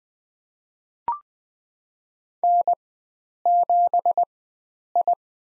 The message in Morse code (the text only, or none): N7I